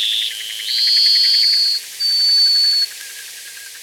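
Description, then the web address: Plain-colored seedeater song: buzzy strained notes, then two drawn-out high whistles with a short gap between, against faint ticking in the background. Recorded in Ecuador. "Birds of Ecuador Plain-Colored Seedeater"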